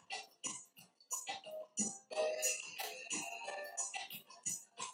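A single loud, harsh cough burst with two quick peaks lasts about a second, followed by a quiet room with faint clicks. It is a cough from an adult woman who is in bad shape, recovering from bronchitis and taking antibiotics.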